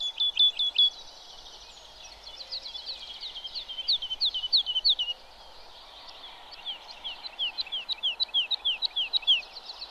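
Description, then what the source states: Woodlark song: high notes given in quick series, the phrases repeated with short pauses between them. Songbird that flies up and sings from the air so its song carries across open country; pine forest area.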